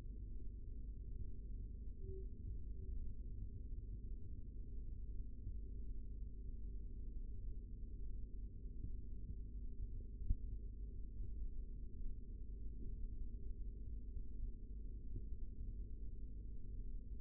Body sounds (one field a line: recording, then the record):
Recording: forearm muscle sounds (acoustic myography)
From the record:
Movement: rest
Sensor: system 3, bracelet of six PUI Audio POM-2738L microphones around the upper forearm, with dedicated amplification and filtering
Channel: 4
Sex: male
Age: 25 years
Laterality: right